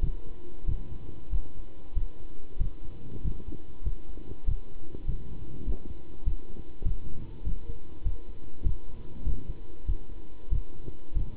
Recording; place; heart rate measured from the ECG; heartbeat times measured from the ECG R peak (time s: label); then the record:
heart sounds by stethoscope; between the tricuspid and mitral areas; 97 bpm
0.02 s: heartbeat
0.68 s: heartbeat
1.31 s: heartbeat
1.96 s: heartbeat
2.60 s: heartbeat
3.24 s: heartbeat
3.85 s: heartbeat
4.47 s: heartbeat
5.08 s: heartbeat
5.66 s: heartbeat
6.26 s: heartbeat
6.85 s: heartbeat
7.45 s: heartbeat
8.05 s: heartbeat
8.65 s: heartbeat
9.25 s: heartbeat
9.88 s: heartbeat
10.51 s: heartbeat
11.15 s: heartbeat
From the record:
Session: pedaling a stationary bicycle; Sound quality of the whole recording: good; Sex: male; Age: 27 years